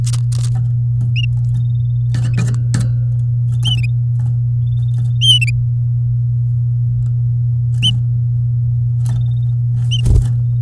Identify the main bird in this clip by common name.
Domestic Canary